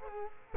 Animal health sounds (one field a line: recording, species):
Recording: mosquito wingbeat signal from an infrared sensor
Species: Culex quinquefasciatus